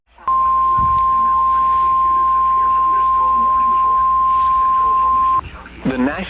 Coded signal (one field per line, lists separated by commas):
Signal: Emergency Alert System (SAME) tones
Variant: 1050 Hz attention tone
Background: speech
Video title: MARGINAL INSANITY 18: EL NIÑO RETURNS - EAS Alerts From 6/1/26 - 6/3/26 (EAS #5521-5556)